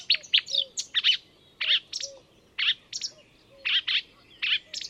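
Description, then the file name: Marsh warbler song of short grating chirps and nasal notes in little clusters, separated by brief gaps, with a faint low repeated note. "enekes nadiposzata hangja"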